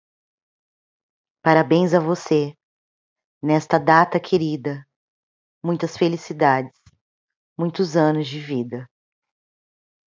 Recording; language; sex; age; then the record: short text; Brazilian Portuguese; female; 30 to 39 years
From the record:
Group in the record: control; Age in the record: 34 years